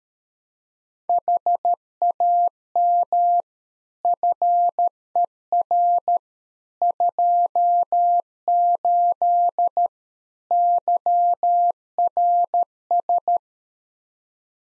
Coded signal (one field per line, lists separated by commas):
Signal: Morse code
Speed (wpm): 13 wpm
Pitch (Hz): 700 Hz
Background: none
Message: HAM FER 28 YRS